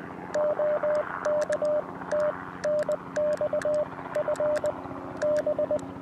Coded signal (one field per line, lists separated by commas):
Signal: Morse code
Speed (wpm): 20 wpm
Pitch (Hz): 600 Hz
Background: radio noise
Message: OK TNX FB